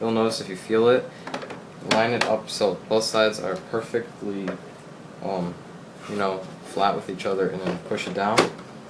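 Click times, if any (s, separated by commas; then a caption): none. Someone talks while lining up the top plastic cover of a PS3 game console so it sits flat with the bottom casing, ready to push it down so its clip locks into place. Faint handling sounds of the plastic casing are heard under the speech. Nothing has seated or clicked yet.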